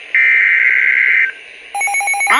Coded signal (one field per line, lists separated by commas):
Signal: Emergency Alert System (SAME) tones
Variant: header bursts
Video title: EAS 80 - Severe Thunderstorm Warning